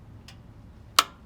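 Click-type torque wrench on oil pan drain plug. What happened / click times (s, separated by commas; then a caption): Torque wrench clicked at its set torque / 1.0 s. A click-type torque wrench set to 20 ft-lb tightens the oil pan drain plug on a Charger SRT 392 during an oil change. A faint tick comes at 0.3 s, then the wrench gives its sharp, loud click at 1.0 s, and another sharp click follows at 1.3 s. The drain plug is confirmed torqued to the setting.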